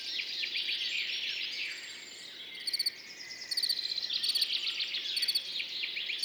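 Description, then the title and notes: Field cricket chirps, rapid pulse groups appearing after a pause, mixed into a lively chorus of songbirds. Singing continuously among orchids after a mild night, morning, 10 June 2019, Montagne du Puy; birds waking in background; Nagra Seven recorder, MKH40 microphone, stereo. "Montagne du Puy. le grillon champêtre"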